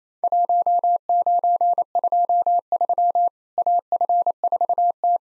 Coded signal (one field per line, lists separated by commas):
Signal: Morse code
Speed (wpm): 28 wpm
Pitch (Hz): 700 Hz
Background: none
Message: 1923 AF4T